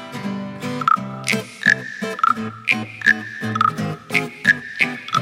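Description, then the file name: Frog croaking in a fast series of short bursts, each with a bright squeaky overtone. "zaba"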